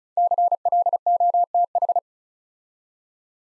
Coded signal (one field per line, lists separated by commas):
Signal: Morse code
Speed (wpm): 36 wpm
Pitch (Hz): 700 Hz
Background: none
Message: CLOTH